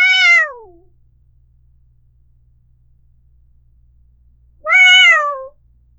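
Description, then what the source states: Domestic cat kitten giving two loud, high mews, the first falling sharply and the second steadier and drawn out, separated by about four seconds of quiet with a faint hum. A tiny, weak kitten.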